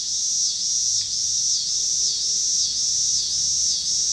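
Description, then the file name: Cicadas in a high, throbbing chorus with pulses about twice a second and a soft low rumble underneath. Recorded in Pittsburgh, Pennsylvania, on 26 August 2023, together with passing cars. "2023-08-26 cicadas and cars Pittsburgh PA"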